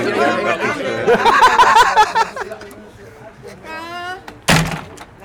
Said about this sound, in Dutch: Omdat de deur dicht dreigde te vallen.